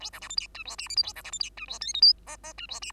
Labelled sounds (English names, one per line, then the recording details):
Bengalese Finch song
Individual Bird2